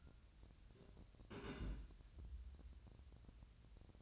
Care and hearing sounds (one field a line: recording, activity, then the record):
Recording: daily activity, microphone in the room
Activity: place on stove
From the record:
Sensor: 2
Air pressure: 1009.8 hPa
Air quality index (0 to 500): 180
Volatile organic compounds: 10 ppm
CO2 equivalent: 2251 ppm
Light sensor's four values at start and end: 32/79/34/38 and 32/79/34/38